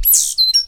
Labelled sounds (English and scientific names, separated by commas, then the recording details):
Stitchbird (Notiomystis cincta) song
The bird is a male
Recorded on Tiritiri Matangi Island, New Zealand, in 2005
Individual 8, of nest box 10